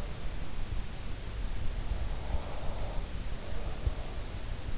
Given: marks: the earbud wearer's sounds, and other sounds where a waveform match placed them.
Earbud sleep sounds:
sounds in sleep by an in-ear microphone; breath
2.14-4.42 s: breath

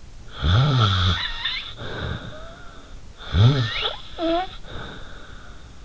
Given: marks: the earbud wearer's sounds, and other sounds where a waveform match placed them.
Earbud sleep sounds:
sounds in sleep by an in-ear microphone; snoring breath
0.31-3.02 s: snoring breath
1.67-2.42 s: sound from someone else or the room
3.18-5.83 s: snoring breath

